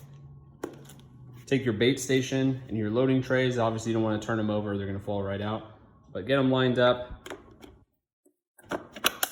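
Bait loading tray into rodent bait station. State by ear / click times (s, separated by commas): seated / 9.1 s, 9.2 s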